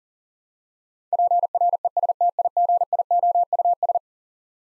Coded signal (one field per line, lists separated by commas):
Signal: Morse code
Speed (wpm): 37 wpm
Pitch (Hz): 700 Hz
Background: none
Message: PRESTIGIOUS